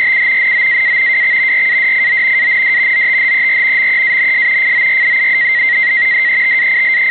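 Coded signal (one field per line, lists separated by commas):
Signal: NAVTEX (SITOR-B)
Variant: 100 baud SITOR-B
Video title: NAVTEX Broadcast from station NME, Charleston SC on 518 KHz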